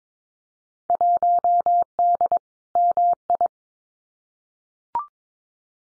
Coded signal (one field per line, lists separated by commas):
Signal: Morse code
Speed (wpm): 22 wpm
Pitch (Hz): 700 Hz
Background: none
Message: 1D MI